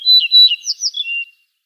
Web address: Schulze Peter Yellow-breasted Bunting song